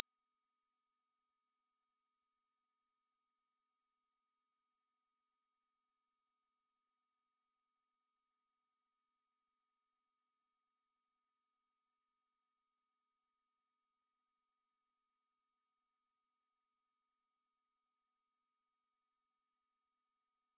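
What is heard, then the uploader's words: A pure sine tone at 5938 Hz holds without a break for the whole twenty-one seconds. The pitch is high and thin, and the loudness never changes. There is no background noise and there are no other sounds. 5938 Hz 1 Hz Interval Sine Pure Tone Frequency 441000 Sample Mono.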